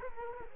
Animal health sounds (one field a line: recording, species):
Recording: mosquito wingbeat signal from an infrared sensor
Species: Culex quinquefasciatus